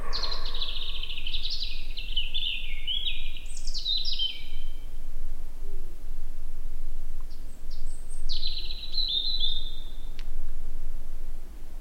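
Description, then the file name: European robin song, two high thin warbling phrases with tinkling notes and a pause between, set against constant low-frequency background noise. "Erithacus rubecula"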